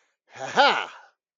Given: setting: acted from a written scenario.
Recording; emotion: vocal sound without words; triumph